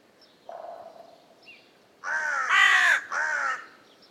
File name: Corvus corone